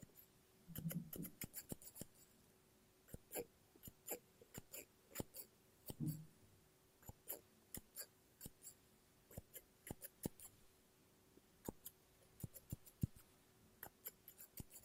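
Scissors snip through paper in sharp, crisp clicks, sometimes paired, repeating every half second or so over a faint steady hum.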